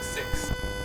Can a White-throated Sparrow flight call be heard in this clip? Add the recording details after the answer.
no. No flight call is heard. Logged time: 01:54 on 4 September 2014